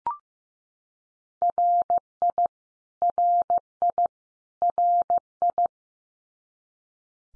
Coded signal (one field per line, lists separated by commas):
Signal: Morse code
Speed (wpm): 15 wpm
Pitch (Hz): 700 Hz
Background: none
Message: RI RI RI